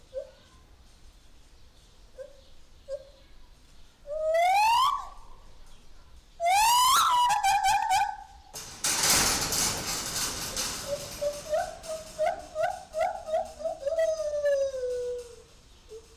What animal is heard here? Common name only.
Lar Gibbon